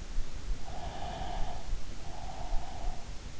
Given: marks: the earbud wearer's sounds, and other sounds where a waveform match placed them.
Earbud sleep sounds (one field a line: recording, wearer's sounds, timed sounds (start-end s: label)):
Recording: sounds in sleep by an in-ear microphone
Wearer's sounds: breath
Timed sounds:
0.87-3.13 s: breath